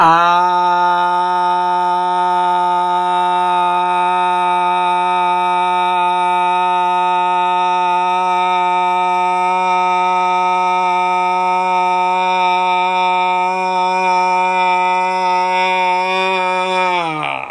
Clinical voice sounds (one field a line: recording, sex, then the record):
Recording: sustained vowel /a/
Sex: male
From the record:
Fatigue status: no fatigue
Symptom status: asymptomatic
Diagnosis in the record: COVID-19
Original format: m4a